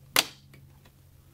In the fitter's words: you close it be sure you hear click allows